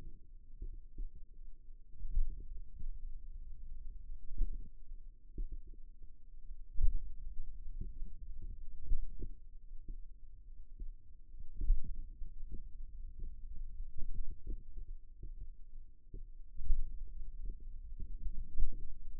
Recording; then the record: forearm muscle sounds (acoustic myography)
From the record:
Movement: pen grasping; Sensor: system 2, bracelet of six BSWA MPA416 microphones around the upper forearm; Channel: 2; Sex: male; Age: 22 years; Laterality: right